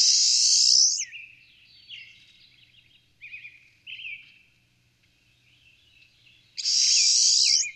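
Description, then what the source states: Pine siskin calling, with a harsh buzzy burst at the start, a string of twittered and slurred chirps, then another long buzzy note near the end. Call, played after its song.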